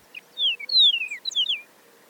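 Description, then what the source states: Chihuahuan Meadowlark song, a string of pure whistles, slurring down then ending in quick bright twisting notes, with light background hiss. Song distinct from those of other meadowlarks.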